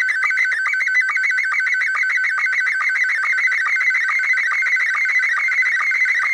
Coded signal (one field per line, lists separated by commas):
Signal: SSTV (slow-scan television)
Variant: Scottie 1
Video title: SSTV THE POOR MANS WAY